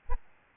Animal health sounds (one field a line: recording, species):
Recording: mosquito wingbeat signal from an infrared sensor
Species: Aedes albopictus